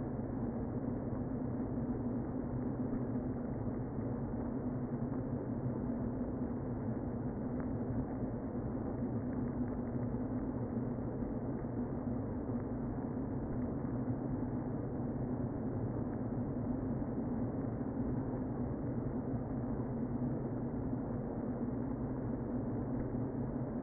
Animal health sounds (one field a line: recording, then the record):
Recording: honeybee colony, microphone inside the hive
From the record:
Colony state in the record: queen present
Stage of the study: before two queens were removed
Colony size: about 60,000 bees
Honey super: yes